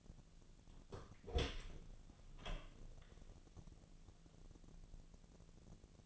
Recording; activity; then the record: daily activity, microphone in the room; open door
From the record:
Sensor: 4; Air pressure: 1001.2 hPa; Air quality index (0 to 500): 184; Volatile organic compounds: 2 ppm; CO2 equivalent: 1312 ppm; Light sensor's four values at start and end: 16/38/15/16 and 15/34/14/14